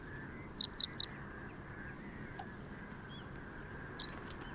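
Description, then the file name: Western yellow wagtail giving a quick three-note burst of high, thin, downslurred calls, followed by a softer single slurred note near the end. "Gele Kwikstaart Motacilla flava"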